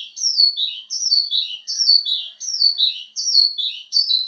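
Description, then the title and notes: Bird song of repeated high descending phrases, each a quick slurred chirp-series, in a steady rhythm; no other sounds. Birdsong used for training (mastering) pet birds. "Suara Burung. Suara Kicauan Burung untuk memaster burung kesayangan"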